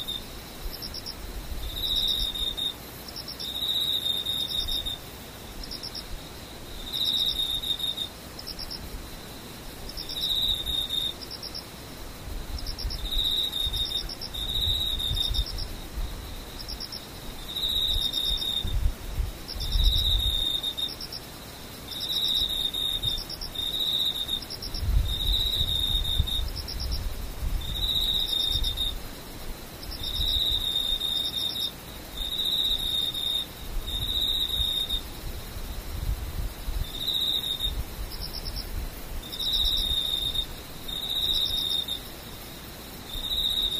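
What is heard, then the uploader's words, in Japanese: Insects chirp in steady, regular high-pitched pulses about every two seconds, with a soft low rumble of wind or traffic underneath. 環境音パック819。ムシ。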